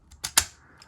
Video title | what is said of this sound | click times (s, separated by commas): Transformers Cyberworld: Chomp and Battle Grimlock (ASMR) | and it will just click in place. | 0.2 s, 0.4 s